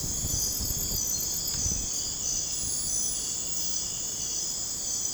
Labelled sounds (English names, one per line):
none